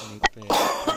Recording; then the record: coughing mixed with background sound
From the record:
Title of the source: Spring Allergy Coughing